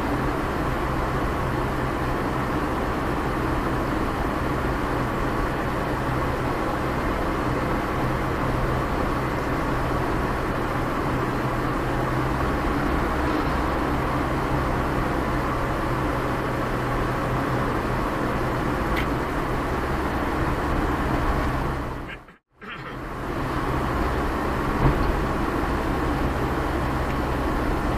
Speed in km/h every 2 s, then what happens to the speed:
43, 46, 46, 45, 45, 47, 46, 47, 47, 47, 45, 45, 47, 47.
0-28 steady at about 46.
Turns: none.